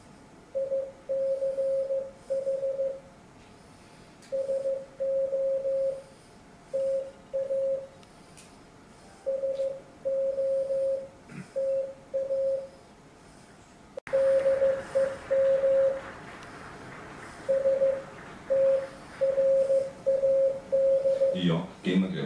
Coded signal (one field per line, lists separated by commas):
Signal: Morse code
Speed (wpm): 15 wpm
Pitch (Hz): 540 Hz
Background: speech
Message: ICH SO TA SO TA DEM S TRAD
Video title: Copy CW in Your Head Friederichshafen 2018